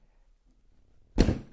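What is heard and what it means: A hand badge press is squeezed to crimp the top face of a button badge, a metal shell with a cover, into the press die. After quiet low rumble, a single broadband bump lands at 1.2 s and decays over about a quarter second. The top stage has pressed fully home and seated.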